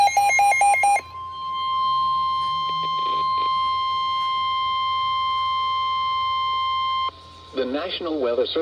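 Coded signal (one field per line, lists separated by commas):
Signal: Emergency Alert System (SAME) tones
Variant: 1050 Hz attention tone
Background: speech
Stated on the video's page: Severe thunderstorm warning received on NOAA weather radios.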